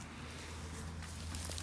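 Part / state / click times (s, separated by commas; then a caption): pulling attachment into cart hitch / not seated / none. A pulling handle or drawbar attachment is being handled at the hitch of a heavy cart or trolley, with a steady low rumble underneath and a few short handling knocks near the end. Nothing has seated or clicked into place yet.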